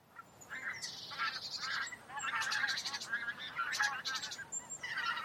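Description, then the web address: Taiga bean goose: taiga bean geese calling, several birds giving harsh, honking cackles in irregular overlapping bursts. "linnut metsahanhia"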